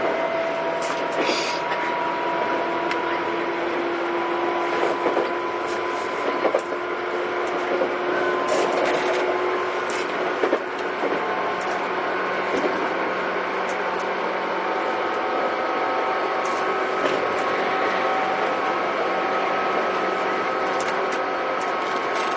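A Tobu 9000 series train's motors whine loudly and steadily, with sustained tones shifting pitch over a dense rumble and occasional clicks.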